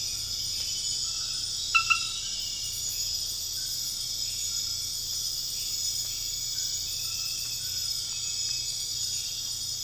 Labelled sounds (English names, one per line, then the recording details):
none
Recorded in dense forest near Puerto Asís, Putumayo, Colombia, on 13 March 2025 at 00:30
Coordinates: 0.484, -76.325
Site G045